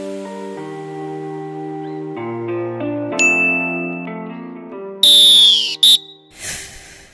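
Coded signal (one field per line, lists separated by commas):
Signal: whistle signal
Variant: lifeguard whistle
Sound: short musical jingle, then a long shrill whistle blast and one short blast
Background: music jingle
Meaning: The pool is open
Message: 1 long, 1 short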